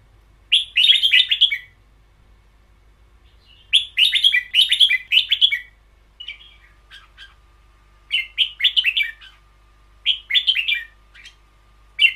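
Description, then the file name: Red-whiskered bulbul delivering bright, rollicking warbled phrases in clusters, each burst one to two seconds long, with softer scattered notes between them. Caged bird; song style called เบิ้ลยาว in Thai. "เสียงนกกรง-เบิ้ลยาว"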